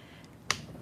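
A nail practice finger tip is pushed all the way onto a practice hand holder on a second attempt. It pops into place with a loud, sharp snap at 0.5 s, the third click, over a quiet background. The piece is seated.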